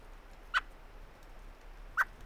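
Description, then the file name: Common blackbird calls: two short, dry chucks about one and a half seconds apart over a low, steady background hiss. "Turdus merula"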